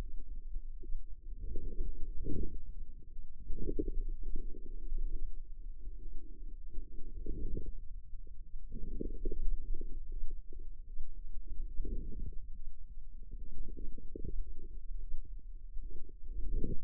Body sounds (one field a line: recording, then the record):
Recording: forearm muscle sounds (acoustic myography)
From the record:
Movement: wrist flexion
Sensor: system 2, bracelet of six BSWA MPA416 microphones around the upper forearm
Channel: 1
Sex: female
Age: 25 years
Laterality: right